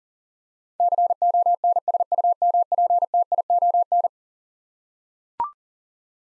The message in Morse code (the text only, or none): CONSUMPTION